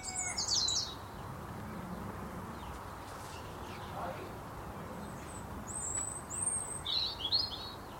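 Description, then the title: European robin song: bright high warbled phrases in short bursts at the start and again near the end, over a steady low background hum with faint lower sounds. Singing in a country garden at dawn on Christmas Eve. "Sound Escape. the delightful song of a robin at dawn on Christmas Eve"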